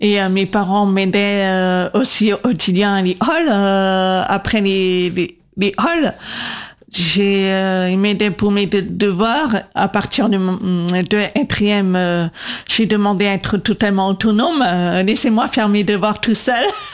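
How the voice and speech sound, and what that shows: Adult woman speaking French with deaf speech. She was born with severe deafness that suddenly became profound at age 8 (left 120 dB, right 90 dB). She received a left cochlear implant at eight and a half and a right one around age 20–22, and had 20 years of speech therapy to learn to speak and control her voice.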